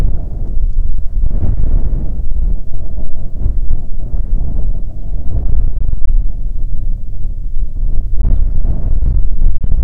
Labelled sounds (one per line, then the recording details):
songbird
wind
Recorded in the Prudhoe Bay oil fields, Alaska, on 5 June 2019 at 10:36
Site 16